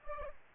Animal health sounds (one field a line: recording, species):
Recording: mosquito wingbeat signal from an infrared sensor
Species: Aedes aegypti